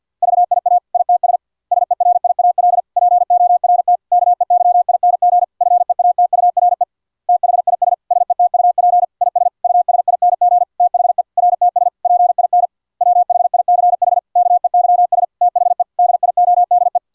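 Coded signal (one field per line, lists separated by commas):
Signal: Morse code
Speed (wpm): 50 wpm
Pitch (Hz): 710 Hz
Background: none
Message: VIA ITS SERIAL PORT KEYING FEATURE THIS SETUP IS USING THE RTS PIN WHICH KEYS THE DIODE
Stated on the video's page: TLC555 square-wave oscillator at 7.5 kHz, keyed through an H11F1 optoisolator by an iambic-paddle CW keyer and by FLdigi via serial RTS.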